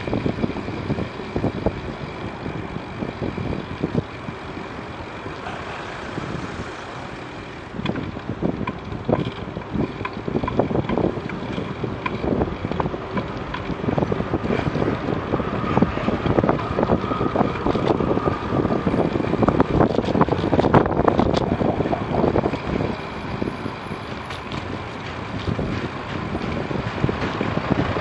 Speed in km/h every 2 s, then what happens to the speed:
17, 16, 15, 17, 19, 20, 21, 24, 24, 23, 20, 19, 19, 16.
0-5 steady at about 16. 5-14 speeds up to 24. 14-28 steady at about 20.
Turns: none.